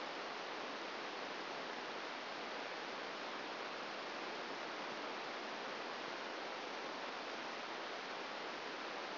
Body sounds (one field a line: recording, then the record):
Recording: brain microelectrode recording played as sound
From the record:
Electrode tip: outside the subthalamic nucleus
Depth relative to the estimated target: 4 mm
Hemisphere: left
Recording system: AlphaMap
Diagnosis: Parkinson's disease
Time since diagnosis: 9 years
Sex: male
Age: 68 years